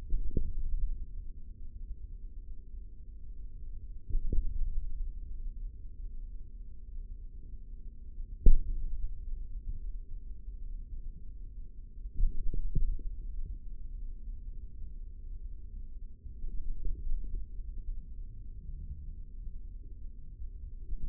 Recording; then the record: forearm muscle sounds (acoustic myography)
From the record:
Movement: hand opening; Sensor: system 3, bracelet of six PUI Audio POM-2738L microphones around the upper forearm, with dedicated amplification and filtering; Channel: 3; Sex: male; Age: 55 years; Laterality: right